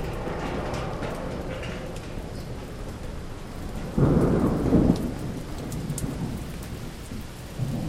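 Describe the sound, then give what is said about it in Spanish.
Steady, dense rain hisses throughout while a deep roll of thunder swells up midway, rumbling for about a second before fading back into the downpour. No voices are heard. “Es tiempo del agua.”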